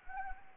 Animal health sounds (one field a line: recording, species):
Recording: mosquito wingbeat signal from an infrared sensor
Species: Anopheles gambiae